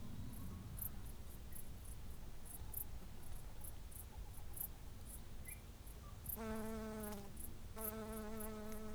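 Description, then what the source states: Insects giving short, very high pulses repeated throughout over a low rumble, with two loud harmonic calls near the end. Hedgerow ambience with insects.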